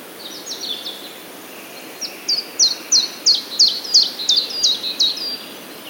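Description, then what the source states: Common chiffchaff song: a few faint high notes, then a steady run of about ten sharp, down-slurred chiff-chaff notes, roughly three each second, over soft background hiss. Recorded on 17 April 2017.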